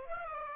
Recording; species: mosquito wingbeat signal from an infrared sensor; Aedes aegypti